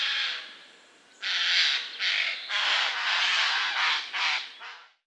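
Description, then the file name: Eurasian jay uttering a fading screech, then a run of rough, grating squawks close together, ending abruptly. "Garrulus glandarius"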